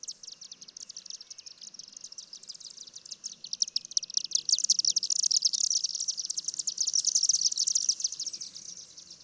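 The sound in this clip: Bird singing a fast, high, sizzling twitter that swells after a few seconds and runs on steadily, over a soft low background hiss.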